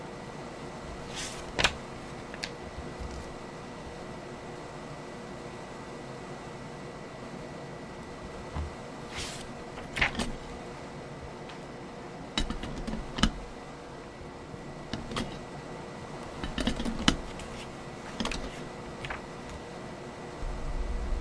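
Paper is handled and flipped through in scattered, irregular bursts: short taps, clicks and brief rustles a few seconds apart, bunching up around the middle and near the end. Underneath runs a steady low hum with a thin, constant high whine.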